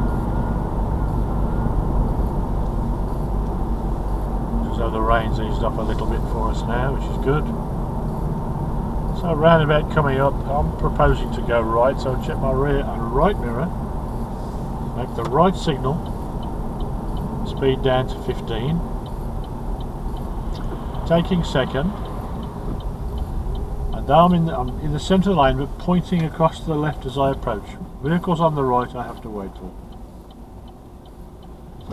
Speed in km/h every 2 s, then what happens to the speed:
39, 39, 39, 39, 35, 35, 34, 34, 31, 29, 23, 16, 13, 10, 5, 0.
0-17 steady at about 35. 17-29 slows to 0. 29-32 standing.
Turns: none.